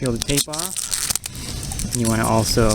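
Someone talks while handling the lead hose of a Zodiac MX6 or MX8 automatic pool cleaner, the section marked with orange tape, as its plastic locking coupling is readied to twist onto the next locking hose section. Short crinkling crackles are heard around 1.1–1.3 s and again near 1.7–1.8 s. Nothing has seated or locked yet.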